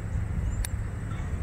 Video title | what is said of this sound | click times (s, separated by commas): HOW TO SHOOT AN ARROW #ARCHERY VLOG #TrySomethingNew | the release is easy you put it on the d-loop until you hear a click | 0.7 s